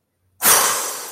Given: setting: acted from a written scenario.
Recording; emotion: vocal sound without words; anger